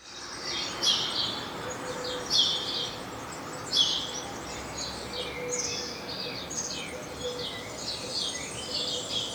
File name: Passer domesticus